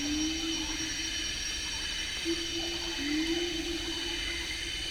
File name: Siamang B 11 h 23 m 27 s 04 mar 2014 merapoh am